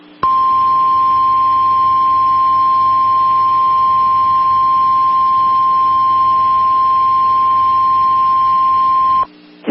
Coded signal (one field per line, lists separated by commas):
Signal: Emergency Alert System (SAME) tones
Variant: 1050 Hz attention tone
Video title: Tornado Warning (Broward, Collier, Hendry, Palm Beach Counties, FL) (10/9/24) [EAS #77]